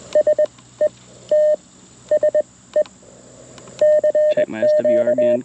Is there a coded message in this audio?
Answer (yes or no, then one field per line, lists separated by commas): yes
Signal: Morse code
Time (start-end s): 0.2-5.4 s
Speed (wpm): 22 wpm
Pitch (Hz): 610 Hz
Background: speech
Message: S E T S E CQ